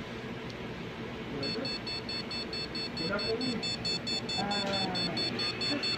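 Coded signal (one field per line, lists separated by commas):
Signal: beep code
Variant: Gigabyte motherboard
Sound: fast, steady repeating short high beeps, about five per second, continuing without pause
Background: low background voices, rumble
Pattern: continuous short beeps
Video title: Gigabyte Motherboard Continues Beep Code Error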